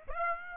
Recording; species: mosquito wingbeat signal from an infrared sensor; Aedes aegypti